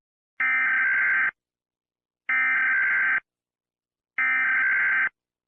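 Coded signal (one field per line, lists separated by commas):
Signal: Emergency Alert System (SAME) tones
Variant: header bursts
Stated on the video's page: Fictional EAS scenario demo.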